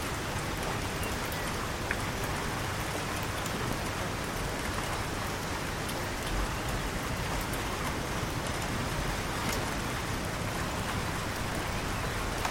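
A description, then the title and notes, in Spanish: Soft rain falls steadily onto the surface of a calm canal, a dense, even patter with no pauses. Occasional sharper drops tick out above the hiss, and a faint low rumble sits underneath throughout. Gotas de Lluvia en el Río. Suaves gotas de lluvia besan la superficie de un canal sereno.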